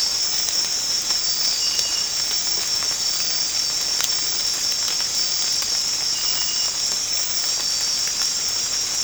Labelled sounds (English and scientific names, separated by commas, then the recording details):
none
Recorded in secondary vegetation near Puerto Asís, Putumayo, Colombia, on 8 March 2025 at 04:00
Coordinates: 0.485, -76.322
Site G040